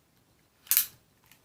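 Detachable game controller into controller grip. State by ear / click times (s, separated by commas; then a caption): seated / 0.7 s. A detachable handheld game controller is slid down the rails of a plastic controller grip until it locks. A sharp, bright click lands at 0.7 s with a quick follow-up snap and a short rattle, then a faint tick near 1.3 s. The controller is seated in the grip.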